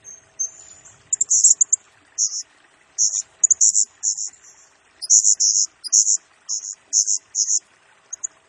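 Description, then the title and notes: Blue-crowned hanging parrot delivers strings of sharp, very high chirps, some doubled, in a fairly even rhythm after a faint opening whistle. Masteran lure and training song of a Serindit singing actively in rapid-fire 'nembak' style, used to train and attract other birds, said to stir up all birds. "Burung Serindit Nembak Gacor Bikin Emosi Semua Burung. Suara Nasteran Dan Pemikat Burung Serinditan Gacor"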